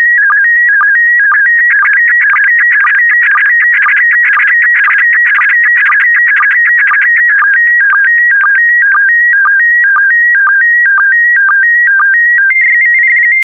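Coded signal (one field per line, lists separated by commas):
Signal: SSTV (slow-scan television)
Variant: PD120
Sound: warbling tone hopping between pitches, with a short low blip about twice a second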